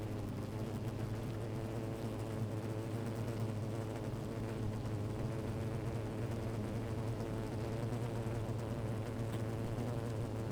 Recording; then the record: honeybee colony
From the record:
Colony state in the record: active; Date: 28 July 2017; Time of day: 13:41